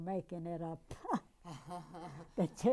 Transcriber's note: they laugh